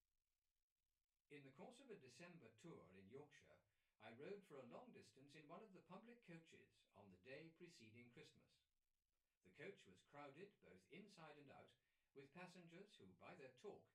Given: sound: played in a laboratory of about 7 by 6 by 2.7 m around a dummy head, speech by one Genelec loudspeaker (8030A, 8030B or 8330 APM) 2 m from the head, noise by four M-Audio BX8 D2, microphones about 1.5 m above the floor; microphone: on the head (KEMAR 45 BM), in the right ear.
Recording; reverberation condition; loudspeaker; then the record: male speech in English; low; 120 degrees to the left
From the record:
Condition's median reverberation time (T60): about 310 ms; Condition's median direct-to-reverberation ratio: about 3.5 dB